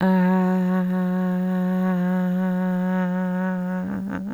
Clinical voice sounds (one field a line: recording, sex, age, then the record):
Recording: sustained vowel /a/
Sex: female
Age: 50 to 59 years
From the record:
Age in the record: 56 years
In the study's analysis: excluded